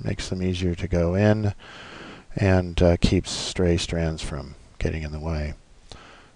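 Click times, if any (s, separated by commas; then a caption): 5.9 s. A twisted stranded wire end is pushed into a hole of a push-in terminal block on a charge controller while someone talks. A single short tick at 5.9 s marks the wire seating and locking into place.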